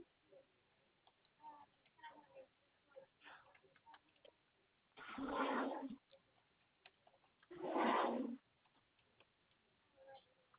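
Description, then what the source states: Koala producing two loud rasping wails about two and a half seconds apart over a background of faint clicks and small scattered noises. Recorded 26 May 2021.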